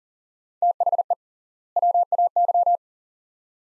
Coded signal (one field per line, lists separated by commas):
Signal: Morse code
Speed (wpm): 40 wpm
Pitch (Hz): 700 Hz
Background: none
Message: THE WAY